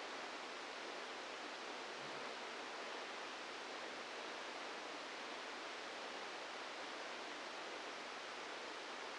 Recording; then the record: brain microelectrode recording played as sound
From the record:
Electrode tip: inside the subthalamic nucleus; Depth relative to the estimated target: 1 mm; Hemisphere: left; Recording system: NeuroSet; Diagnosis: Parkinson's disease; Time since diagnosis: 27 years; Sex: male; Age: 62 years